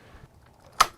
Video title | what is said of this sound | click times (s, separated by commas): Wheelspeed WS1 350W 15mph 25mi Electric Scooter - Unboxing, Assembly, Test Ride, and Review | I heard a click so we know that this is locked in place | 0.8 s